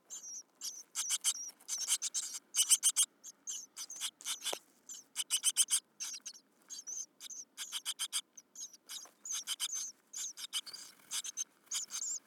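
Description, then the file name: Great tit scratchy chatter: quick clusters of rasping, high notes delivered in irregular bursts with short silences between. "Parus major"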